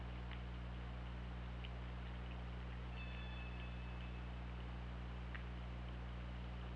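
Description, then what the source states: Killer whale whistle, a short level tone with overtones lasting about a second, set against a heavy low drone, hiss and a few sharp clicks. Underwater hydrophone at OrcaLab, 24 August 2017, around 23:49.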